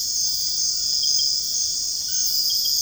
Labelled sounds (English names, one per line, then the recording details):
none
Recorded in dense forest near Puerto Asís, Putumayo, Colombia, on 20 February 2024 at 04:30
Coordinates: 0.485, -76.325
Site G6429